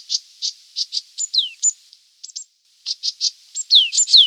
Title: Green-backed Tit (Parus monticolus)